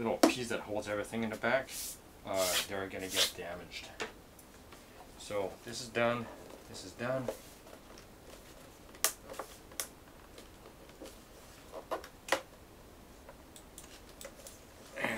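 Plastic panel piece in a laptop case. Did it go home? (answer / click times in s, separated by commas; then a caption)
partly / none. Someone talks while reassembling a Japanese iBook G3 clamshell laptop during an LCD screen replacement, then presses a plastic panel piece of the case into place, producing several sharp plastic clicks. Nothing has seated yet: the top panel piece is not all the way in and will be taken apart again.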